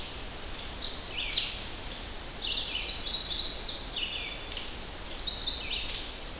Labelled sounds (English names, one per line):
Red-eyed Vireo song